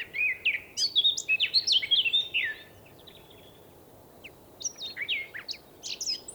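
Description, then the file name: Eurasian blackcap song, a quick run of clear whistled and chattering notes, then a short gap and a second fainter phrase. "Sylvia atricapilla"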